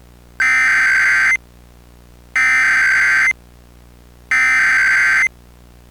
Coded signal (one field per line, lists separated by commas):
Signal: Emergency Alert System (SAME) tones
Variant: header bursts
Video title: [EAS SCENARIO] DOOM IN BLOOM